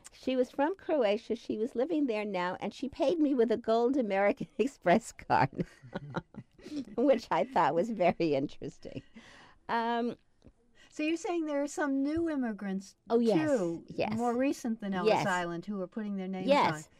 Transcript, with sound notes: She was from Croatia, she was living there now and she paid me with a gold American Express card, (laughs) which I thought was very interesting.
So you're saying there are some new immigrants too, more recent than Ellis Island who are putting their names on --.